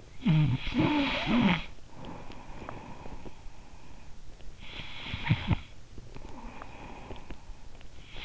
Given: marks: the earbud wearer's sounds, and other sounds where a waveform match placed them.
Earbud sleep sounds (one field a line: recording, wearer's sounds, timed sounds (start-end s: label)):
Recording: sounds in sleep by an in-ear microphone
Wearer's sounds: snoring breath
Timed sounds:
0.00-8.25 s: snoring breath